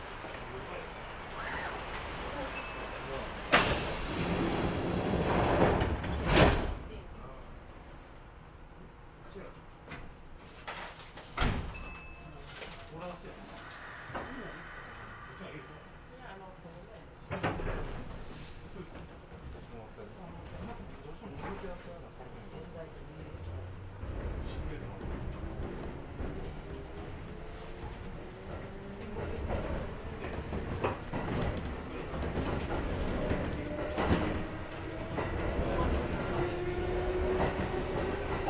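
Inside a six-car local train, passengers talk and move while the carriage rumbles steadily underneath. Loud bangs and clatters of doors come around the fourth to sixth seconds and again near eleven and seventeen seconds, then the low motor whine rises as the train pulls away.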